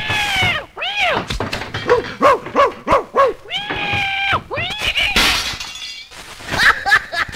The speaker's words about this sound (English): He made the cat jump right out of the window. Didn't even bother to open it either.